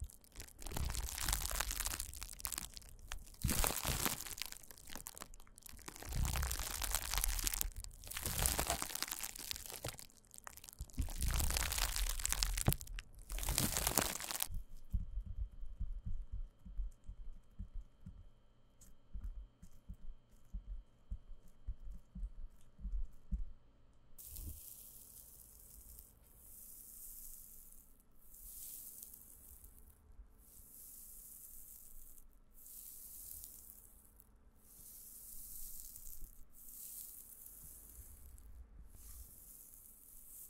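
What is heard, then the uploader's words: Bubble wrap is handled in three stretches. For the first fifteen seconds it is loud, dense crinkling and crushing in repeated bursts; then comes a quieter patch of low, sparse rustles and taps. From about 24 seconds, softer, brighter crinkles swell and fade at a regular pace. 包材觸發. Bubble bag triggers.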